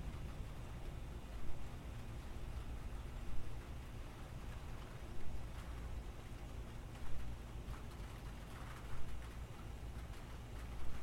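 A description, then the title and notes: Rain falls in a steady, dense wash of hiss over a deep, continuous low rumble. Every couple of seconds a brief, slightly louder burst rises out of the patter, then the sound settles back to its even level. Soothing Rain Sounds.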